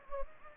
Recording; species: mosquito wingbeat signal from an infrared sensor; Anopheles gambiae